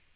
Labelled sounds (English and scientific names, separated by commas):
Tennessee Warbler (Leiothlypis peregrina) flight call